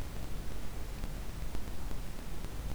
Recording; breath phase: one breath near a microphone; inhalation